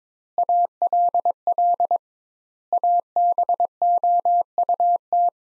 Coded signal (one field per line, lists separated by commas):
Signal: Morse code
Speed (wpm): 22 wpm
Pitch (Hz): 700 Hz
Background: none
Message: ALL ABOUT